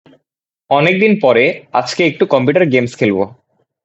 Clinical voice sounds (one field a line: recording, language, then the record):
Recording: elicited speech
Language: Bengali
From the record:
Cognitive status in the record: cognitively healthy